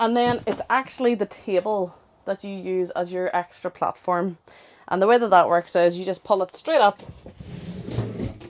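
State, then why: Seated. Someone talks while the dinette table in a Burstner 644 motorhome, used as the extra bed platform, is pulled straight up on its telescopic pedestal. After rustling and handling sounds, a short click at 8.4 s marks the pedestal locking into its raised position.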